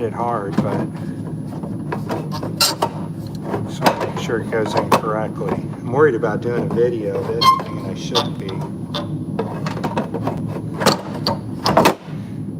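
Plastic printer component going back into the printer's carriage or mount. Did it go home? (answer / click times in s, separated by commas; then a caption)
yes / 11.3 s. While cleaning a wide-format Roland printer, a removed plastic part is pushed back into the printer's carriage mount without slamming it, as someone talks. Several small clicks and knocks come before a sharp snap at 11.3 s, when the part seats back in place.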